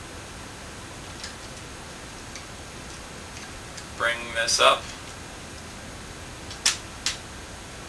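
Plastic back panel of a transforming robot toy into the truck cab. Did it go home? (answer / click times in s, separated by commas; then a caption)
yes / 6.7 s, 7.1 s. Someone talks briefly while raising the plastic back panel of a Transformers Movie Leader Class Optimus Prime toy's truck cab and pressing it home. Two sharp clicks follow at 6.7 s and 7.1 s as the panel snaps into place, seated, against a steady low background hiss.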